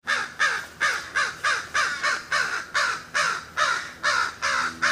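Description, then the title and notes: Crow cawing loudly in a fast series of many raspy caws. Crows in Notre-Dame-des-Neiges Cemetery, 24 July 2008. "Cimitiere de Notre-Dame-des-Neiges, 24.07.08. Crows in the cemetry"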